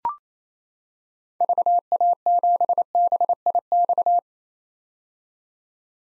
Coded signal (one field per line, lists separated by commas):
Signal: Morse code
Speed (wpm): 28 wpm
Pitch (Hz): 700 Hz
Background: none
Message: VA7BIX